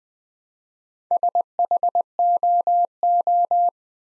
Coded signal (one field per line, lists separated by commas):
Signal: Morse code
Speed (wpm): 20 wpm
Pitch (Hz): 700 Hz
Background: none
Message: SHOO